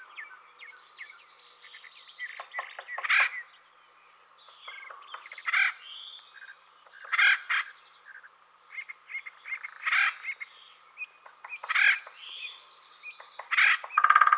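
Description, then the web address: Acorn woodpecker giving harsh, raspy calls in short bursts every few seconds. "Dan Gibson Wildlife Identification By Sound, Western North America. Acorn Woodpecker"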